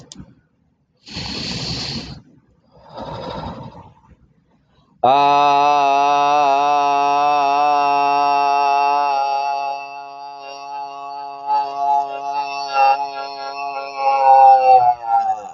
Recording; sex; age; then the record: vowel held as long as possible; male; 30 to 39 years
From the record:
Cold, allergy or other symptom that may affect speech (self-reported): no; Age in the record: 30 years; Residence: Arkansas, United States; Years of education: 11